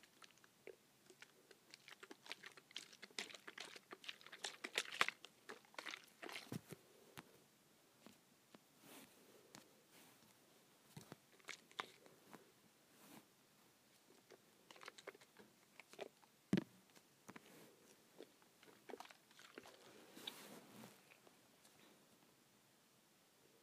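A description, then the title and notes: A hair spray bottle is shaken, giving irregular bursts of sharp rattling clicks and crunchy taps. The bursts come in uneven clusters, thickest around five and twenty seconds, with one hard knock near sixteen seconds and brief pauses between. ASMR Shaking Hair Spray Bottle.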